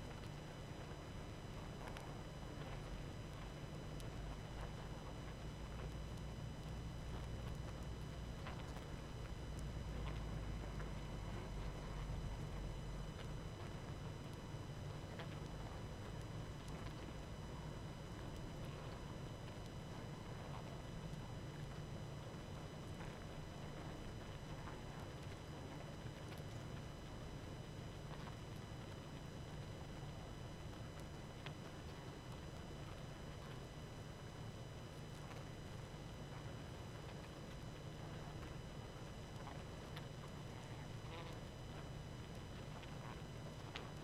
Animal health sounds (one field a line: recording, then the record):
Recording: honeybee colony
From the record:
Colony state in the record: active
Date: 12 June 2018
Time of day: 20:52